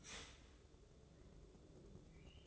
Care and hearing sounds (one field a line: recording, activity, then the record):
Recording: daily activity, microphone in the room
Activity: start toaster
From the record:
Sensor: 3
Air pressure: 1007.1 hPa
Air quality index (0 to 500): 53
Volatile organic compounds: 1 ppm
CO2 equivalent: 588 ppm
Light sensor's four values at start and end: 8/19/8/8 and 8/19/8/8